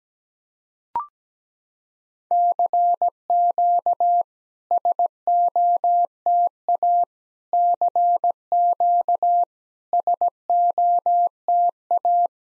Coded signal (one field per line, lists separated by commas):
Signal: Morse code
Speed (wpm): 17 wpm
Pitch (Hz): 700 Hz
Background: none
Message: CQ SOTA CQ SOTA